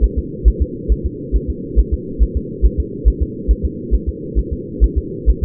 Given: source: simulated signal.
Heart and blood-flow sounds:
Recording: fetal heart sounds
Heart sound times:
0.04 s: S1
0.18 s: S2
0.48 s: S1
0.62 s: S2
0.92 s: S1
1.06 s: S2
1.36 s: S1
1.50 s: S2
1.79 s: S1
1.94 s: S2
2.23 s: S1
2.37 s: S2
2.65 s: S1
2.80 s: S2
3.08 s: S1
3.22 s: S2
3.51 s: S1
3.65 s: S2
3.94 s: S1
4.09 s: S2
4.39 s: S1
4.53 s: S2
4.84 s: S1
4.98 s: S2
5.29 s: S1
5.44 s: S2
From the record:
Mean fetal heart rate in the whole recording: 135 bpm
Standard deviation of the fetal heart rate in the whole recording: 3 bpm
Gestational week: 34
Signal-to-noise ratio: -4.1 dB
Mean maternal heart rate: no maternal heart sound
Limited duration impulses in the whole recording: absent

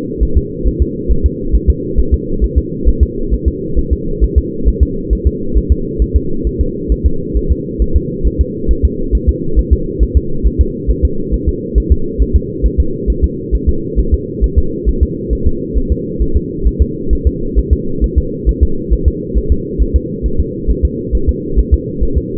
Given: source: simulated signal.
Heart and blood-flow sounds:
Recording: fetal heart sounds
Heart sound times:
0.23 s: S1
0.38 s: S2
0.67 s: S1
0.82 s: S2
1.11 s: S1
1.26 s: S2
1.55 s: S1
1.70 s: S2
1.99 s: S1
2.14 s: S2
2.44 s: S1
2.58 s: S2
2.88 s: S1
3.03 s: S2
3.34 s: S1
3.48 s: S2
3.79 s: S1
3.93 s: S2
4.24 s: S1
4.38 s: S2
4.68 s: S1
4.83 s: S2
5.13 s: S1
5.27 s: S2
5.57 s: S1
5.72 s: S2
6.02 s: S1
6.16 s: S2
6.47 s: S1
6.61 s: S2
6.92 s: S1
7.06 s: S2
7.37 s: S1
7.51 s: S2
7.82 s: S1
7.96 s: S2
8.27 s: S1
8.41 s: S2
8.71 s: S1
8.85 s: S2
9.15 s: S1
9.29 s: S2
9.59 s: S1
9.73 s: S2
10.03 s: S1
10.17 s: S2
10.47 s: S1
10.61 s: S2
10.91 s: S1
11.05 s: S2
11.34 s: S1
11.49 s: S2
11.78 s: S1
11.92 s: S2
12.22 s: S1
12.36 s: S2
12.66 s: S1
12.80 s: S2
13.10 s: S1
13.24 s: S2
13.55 s: S1
13.69 s: S2
13.99 s: S1
14.14 s: S2
14.44 s: S1
14.59 s: S2
14.89 s: S1
15.03 s: S2
15.33 s: S1
15.47 s: S2
15.78 s: S1
15.92 s: S2
16.22 s: S1
16.37 s: S2
16.67 s: S1
16.82 s: S2
17.13 s: S1
17.27 s: S2
17.59 s: S1
17.73 s: S2
18.04 s: S1
18.18 s: S2
18.49 s: S1
18.63 s: S2
18.93 s: S1
19.08 s: S2
19.38 s: S1
19.52 s: S2
19.82 s: S1
19.96 s: S2
20.26 s: S1
20.40 s: S2
20.71 s: S1
20.85 s: S2
21.15 s: S1
21.29 s: S2
21.59 s: S1
21.74 s: S2
22.03 s: S1
22.18 s: S2
From the record:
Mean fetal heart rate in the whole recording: 135 bpm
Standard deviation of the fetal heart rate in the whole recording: 3 bpm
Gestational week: 34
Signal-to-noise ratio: -8.1 dB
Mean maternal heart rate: 72 bpm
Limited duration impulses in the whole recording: absent

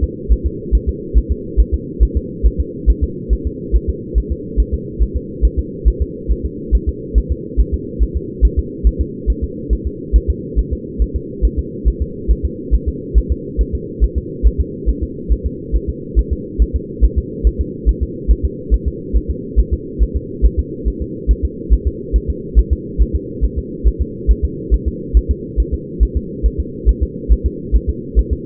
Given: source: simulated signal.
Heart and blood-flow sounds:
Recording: fetal heart sounds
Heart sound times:
0.04 s: S2
0.32 s: S1
0.46 s: S2
0.75 s: S1
0.89 s: S2
1.18 s: S1
1.32 s: S2
1.60 s: S1
1.74 s: S2
2.03 s: S1
2.17 s: S2
2.46 s: S1
2.60 s: S2
2.90 s: S1
3.04 s: S2
3.33 s: S1
3.47 s: S2
3.76 s: S1
3.90 s: S2
4.18 s: S1
4.32 s: S2
4.60 s: S1
4.74 s: S2
5.02 s: S1
5.16 s: S2
5.45 s: S1
5.59 s: S2
5.88 s: S1
6.02 s: S2
6.31 s: S1
6.45 s: S2
6.75 s: S1
6.89 s: S2
7.18 s: S1
7.32 s: S2
7.60 s: S1
7.74 s: S2
8.03 s: S1
8.16 s: S2
8.45 s: S1
8.59 s: S2
8.87 s: S1
9.01 s: S2
9.30 s: S1
9.44 s: S2
9.73 s: S1
9.87 s: S2
10.16 s: S1
10.30 s: S2
10.59 s: S1
10.73 s: S2
11.02 s: S1
11.16 s: S2
11.45 s: S1
11.59 s: S2
11.88 s: S1
12.02 s: S2
12.31 s: S1
12.45 s: S2
12.75 s: S1
12.88 s: S2
13.18 s: S1
13.32 s: S2
13.61 s: S1
13.75 s: S2
14.04 s: S1
14.18 s: S2
14.47 s: S1
14.61 s: S2
14.89 s: S1
15.03 s: S2
15.32 s: S1
15.46 s: S2
15.76 s: S1
15.90 s: S2
16.19 s: S1
16.33 s: S2
16.62 s: S1
16.76 s: S2
17.04 s: S1
17.18 s: S2
17.47 s: S1
17.61 s: S2
17.89 s: S1
18.03 s: S2
18.31 s: S1
18.45 s: S2
18.74 s: S1
18.88 s: S2
19.16 s: S1
19.30 s: S2
19.60 s: S1
19.73 s: S2
20.02 s: S1
20.16 s: S2
20.45 s: S1
20.59 s: S2
20.88 s: S1
21.02 s: S2
21.31 s: S1
21.45 s: S2
21.73 s: S1
21.87 s: S2
22.16 s: S1
22.30 s: S2
22.59 s: S1
22.73 s: S2
23.02 s: S1
23.16 s: S2
23.45 s: S1
23.58 s: S2
23.88 s: S1
24.02 s: S2
24.31 s: S1
24.45 s: S2
24.74 s: S1
24.88 s: S2
25.17 s: S1
25.31 s: S2
25.60 s: S1
25.74 s: S2
26.03 s: S1
26.17 s: S2
26.46 s: S1
26.60 s: S2
26.89 s: S1
27.03 s: S2
27.32 s: S1
27.46 s: S2
27.76 s: S1
27.90 s: S2
28.19 s: S1
28.33 s: S2
From the record:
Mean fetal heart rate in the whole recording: 140 bpm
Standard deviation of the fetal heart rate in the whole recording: 2 bpm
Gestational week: 34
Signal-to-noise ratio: -4.1 dB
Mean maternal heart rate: no maternal heart sound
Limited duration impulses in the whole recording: absent

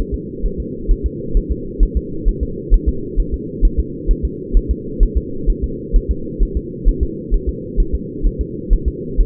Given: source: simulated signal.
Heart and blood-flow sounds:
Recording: fetal heart sounds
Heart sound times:
0.14 s: S2
0.46 s: S1
0.60 s: S2
0.91 s: S1
1.06 s: S2
1.37 s: S1
1.52 s: S2
1.83 s: S1
1.97 s: S2
2.28 s: S1
2.43 s: S2
2.74 s: S1
2.88 s: S2
3.20 s: S1
3.34 s: S2
3.65 s: S1
3.79 s: S2
4.11 s: S1
4.25 s: S2
4.57 s: S1
4.71 s: S2
5.03 s: S1
5.18 s: S2
5.50 s: S1
5.64 s: S2
5.96 s: S1
6.11 s: S2
6.43 s: S1
6.57 s: S2
6.89 s: S1
7.03 s: S2
7.34 s: S1
7.49 s: S2
7.80 s: S1
7.95 s: S2
8.26 s: S1
8.41 s: S2
8.73 s: S1
8.88 s: S2
9.20 s: S1
From the record:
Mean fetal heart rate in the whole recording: 130 bpm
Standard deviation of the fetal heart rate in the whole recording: 2 bpm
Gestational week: 38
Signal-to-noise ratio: -4.3 dB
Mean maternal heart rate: 72 bpm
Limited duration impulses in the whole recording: absent

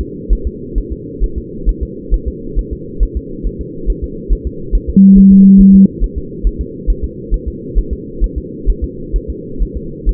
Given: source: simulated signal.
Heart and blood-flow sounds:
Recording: fetal heart sounds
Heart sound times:
0.01 s: S2
0.33 s: S1
0.47 s: S2
0.78 s: S1
0.92 s: S2
1.24 s: S1
1.38 s: S2
1.69 s: S1
1.83 s: S2
2.14 s: S1
2.28 s: S2
2.59 s: S1
2.73 s: S2
3.03 s: S1
3.17 s: S2
3.47 s: S1
3.61 s: S2
3.90 s: S1
4.04 s: S2
4.33 s: S1
4.47 s: S2
4.75 s: S1
4.89 s: S2
5.18 s: S1
5.32 s: S2
5.61 s: S1
5.75 s: S2
6.04 s: S1
6.18 s: S2
6.47 s: S1
6.61 s: S2
6.90 s: S1
7.04 s: S2
7.34 s: S1
7.48 s: S2
7.78 s: S1
7.93 s: S2
8.24 s: S1
8.38 s: S2
8.70 s: S1
8.84 s: S2
9.16 s: S1
9.30 s: S2
9.62 s: S1
9.77 s: S2
10.09 s: S1
From the record:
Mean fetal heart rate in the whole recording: 135 bpm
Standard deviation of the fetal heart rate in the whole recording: 3 bpm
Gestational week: 36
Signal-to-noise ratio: -4.3 dB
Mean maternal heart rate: 72 bpm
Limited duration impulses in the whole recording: present

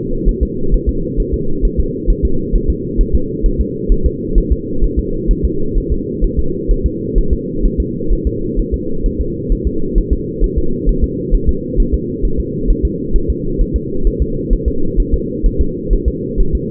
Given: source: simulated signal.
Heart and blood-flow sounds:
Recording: fetal heart sounds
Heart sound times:
0.29 s: S1
0.43 s: S2
0.74 s: S1
0.89 s: S2
1.20 s: S1
1.34 s: S2
1.65 s: S1
1.80 s: S2
2.10 s: S1
2.25 s: S2
2.55 s: S1
2.70 s: S2
3.01 s: S1
3.15 s: S2
3.46 s: S1
3.61 s: S2
3.92 s: S1
4.06 s: S2
4.38 s: S1
4.52 s: S2
4.84 s: S1
4.99 s: S2
5.31 s: S1
5.45 s: S2
5.77 s: S1
5.92 s: S2
6.24 s: S1
6.39 s: S2
6.71 s: S1
6.86 s: S2
7.18 s: S1
7.33 s: S2
7.65 s: S1
7.80 s: S2
8.12 s: S1
8.27 s: S2
8.59 s: S1
8.74 s: S2
9.06 s: S1
9.21 s: S2
9.52 s: S1
9.67 s: S2
9.98 s: S1
10.13 s: S2
10.44 s: S1
10.58 s: S2
10.89 s: S1
11.04 s: S2
11.34 s: S1
11.49 s: S2
11.80 s: S1
11.94 s: S2
12.25 s: S1
12.40 s: S2
12.70 s: S1
12.85 s: S2
13.16 s: S1
13.30 s: S2
13.61 s: S1
13.76 s: S2
14.07 s: S1
14.22 s: S2
14.53 s: S1
14.68 s: S2
15.00 s: S1
15.14 s: S2
15.46 s: S1
15.61 s: S2
15.93 s: S1
16.08 s: S2
16.40 s: S1
16.55 s: S2
From the record:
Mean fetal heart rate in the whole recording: 130 bpm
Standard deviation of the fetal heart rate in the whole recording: 2 bpm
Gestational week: 38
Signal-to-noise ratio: -8.1 dB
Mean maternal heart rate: 72 bpm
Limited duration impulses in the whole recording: absent

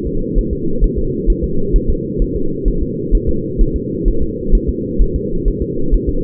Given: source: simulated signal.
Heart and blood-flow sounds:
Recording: fetal heart sounds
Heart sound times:
0.07 s: S2
0.38 s: S1
0.53 s: S2
0.84 s: S1
0.99 s: S2
1.30 s: S1
1.44 s: S2
1.76 s: S1
1.90 s: S2
2.22 s: S1
2.36 s: S2
2.68 s: S1
2.83 s: S2
3.15 s: S1
3.29 s: S2
3.61 s: S1
3.76 s: S2
4.08 s: S1
4.23 s: S2
4.55 s: S1
4.69 s: S2
5.02 s: S1
5.16 s: S2
5.48 s: S1
5.62 s: S2
5.94 s: S1
6.09 s: S2
From the record:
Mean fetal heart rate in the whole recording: 130 bpm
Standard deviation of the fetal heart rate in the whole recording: 2 bpm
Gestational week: 38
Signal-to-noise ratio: -8.1 dB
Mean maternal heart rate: 72 bpm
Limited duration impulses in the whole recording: absent

